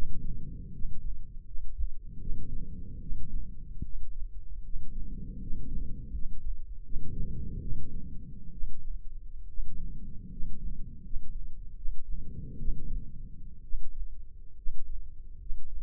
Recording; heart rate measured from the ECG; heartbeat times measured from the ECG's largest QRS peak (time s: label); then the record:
heart sounds by microphone in the left ear; 74 bpm
0.71 s: heartbeat
1.45 s: heartbeat
2.19 s: heartbeat
3.00 s: heartbeat
3.83 s: heartbeat
4.63 s: heartbeat
5.40 s: heartbeat
6.12 s: heartbeat
6.83 s: heartbeat
7.60 s: heartbeat
8.51 s: heartbeat
9.47 s: heartbeat
10.30 s: heartbeat
11.03 s: heartbeat
11.75 s: heartbeat
12.57 s: heartbeat
13.62 s: heartbeat
14.56 s: heartbeat
15.39 s: heartbeat
From the record:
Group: healthy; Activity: rest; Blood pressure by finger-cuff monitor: 111/67 mmHg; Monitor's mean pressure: 83 mmHg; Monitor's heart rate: 74 bpm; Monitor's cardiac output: 8.2 L/min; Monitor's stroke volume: 109 mL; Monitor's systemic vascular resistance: 740 dyn s/cm5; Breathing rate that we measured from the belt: 12 breaths a minute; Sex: male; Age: 24 years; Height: 184 cm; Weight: 89 kg